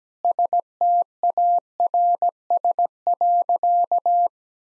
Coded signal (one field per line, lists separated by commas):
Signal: Morse code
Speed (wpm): 17 wpm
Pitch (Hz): 700 Hz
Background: none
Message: STARS.